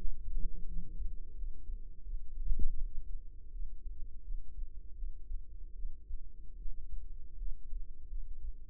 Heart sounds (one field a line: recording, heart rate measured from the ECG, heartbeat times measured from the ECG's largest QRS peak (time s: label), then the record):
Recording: heart sounds by microphone in the right ear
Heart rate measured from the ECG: 81 bpm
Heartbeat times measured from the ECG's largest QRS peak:
0.68 s: heartbeat
1.35 s: heartbeat
2.02 s: heartbeat
2.75 s: heartbeat
3.51 s: heartbeat
4.24 s: heartbeat
4.96 s: heartbeat
5.75 s: heartbeat
6.57 s: heartbeat
7.37 s: heartbeat
8.09 s: heartbeat
From the record:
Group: healthy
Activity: rest 0-5 s, light exercise 5-8 s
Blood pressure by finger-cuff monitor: 145/86 mmHg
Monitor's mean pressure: 105 mmHg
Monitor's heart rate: 83 bpm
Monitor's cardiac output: 7.7 L/min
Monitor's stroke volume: 92 mL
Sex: female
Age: 22 years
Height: 161 cm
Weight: 65.5 kg